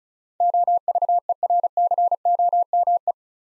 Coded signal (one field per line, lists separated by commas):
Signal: Morse code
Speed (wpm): 36 wpm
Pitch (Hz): 700 Hz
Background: none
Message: OVERCOME